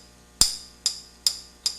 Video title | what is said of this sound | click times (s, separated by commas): Rugger 10/22 Completer Trigger Job by Ron Power from Power Custom | Safety's in function, positive clicks. | 0.4 s, 0.9 s, 1.3 s, 1.7 s